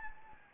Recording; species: mosquito wingbeat signal from an infrared sensor; Anopheles gambiae